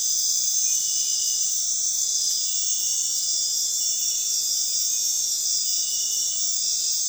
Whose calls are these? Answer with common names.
none